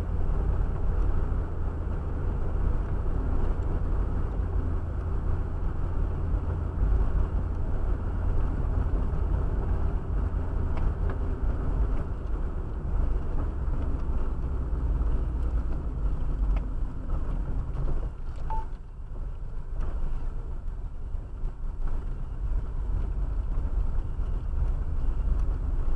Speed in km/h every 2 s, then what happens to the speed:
49, 50, 50, 49, 49, 47, 43, 35, 19, 14, 17, 21, 24.
0-8 steady at about 49. 8-17 brakes to 14.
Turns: none.